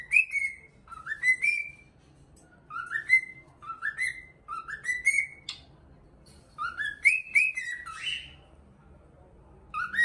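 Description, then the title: Cockatiel whistling: rising, sliding whistled notes in short bursts separated by pauses, mixed with quick high chirps. Song for training a pet cockatiel. "Canto De 1 Hora Para Treinar Calopsita"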